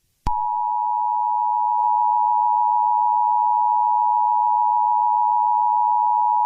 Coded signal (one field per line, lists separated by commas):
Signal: Emergency Alert System (SAME) tones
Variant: 853 and 960 Hz attention tone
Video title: EAS Scenario #8: Cartoon Cat Murdering Rampage.